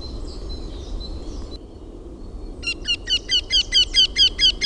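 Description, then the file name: Eurasian wryneck breaking into a fast series of nasal, ringing notes after a brief spell of softer high sounds. "KAENPIIKA"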